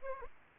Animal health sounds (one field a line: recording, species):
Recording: mosquito wingbeat signal from an infrared sensor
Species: Aedes aegypti